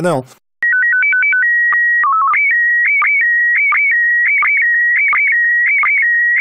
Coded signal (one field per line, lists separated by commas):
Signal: SSTV (slow-scan television)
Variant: PD 90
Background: speech